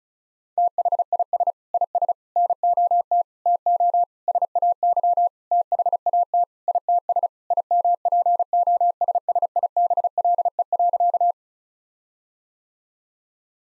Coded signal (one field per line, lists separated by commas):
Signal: Morse code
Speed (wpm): 36 wpm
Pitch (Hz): 700 Hz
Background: none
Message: THIS IS NOT TO SAY THAT ITS IMPOSSIBLE.